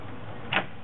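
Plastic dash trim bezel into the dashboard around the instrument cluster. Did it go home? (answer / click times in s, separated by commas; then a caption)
yes / 0.6 s. A plastic dash trim bezel around the instrument cluster of a Chevy Tahoe is pushed into the dashboard after its two studs are lined up with their holes. A low steady hum runs throughout, broken by a single sharp snap at 0.6 s as the bezel seats into place.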